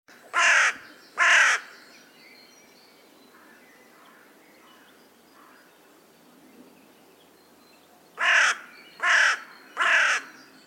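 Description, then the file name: Carrion crow calling: two harsh, hoarse caws, a pause of several seconds, then three more caws in quick succession, with quiet background. "Corvus corone"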